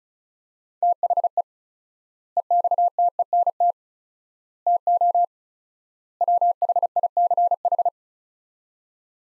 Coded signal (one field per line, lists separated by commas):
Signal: Morse code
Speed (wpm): 36 wpm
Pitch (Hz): 700 Hz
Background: none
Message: THE EXTENT TO WHICH